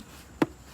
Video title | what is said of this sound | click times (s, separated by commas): 2018-2024 Maserati Ghibli Air Filter Change (Engine + Cabin) | make sure that clicks into place as well as that one all right so there you guys go | 0.4 s